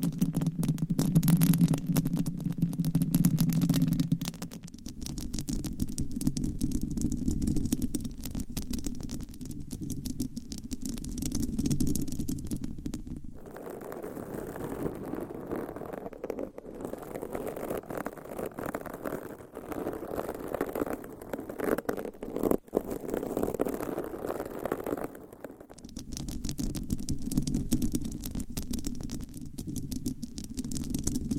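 Mic scratching with nails on different mic covers, a dense, continuous scraping rumble that changes character in sections. The first four seconds are loudest and low, then a duller stretch follows; from about 13 to 25 seconds the scratching turns brighter and hissier before returning to the low sound.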